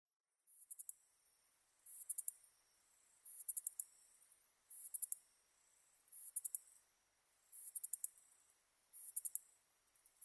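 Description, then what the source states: Kuwayamaea sapporensis song: soft, very high ticking bursts of a few quick clicks, repeated roughly every one and a half seconds, over near silence. Recorded on 11 August 2006.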